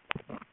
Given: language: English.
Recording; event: throat vibration sensor signal played as sound; swallow